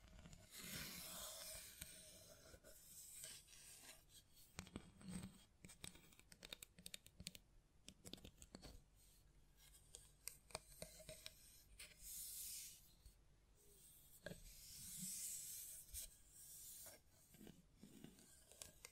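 Hands tap, scratch and brush against the microphone in an irregular stream of sharp clicks and soft rubbing. Hissy brushing swells come around the start, near 12 seconds and again near 15, with dull thumps between and quick scratchy flicks throughout.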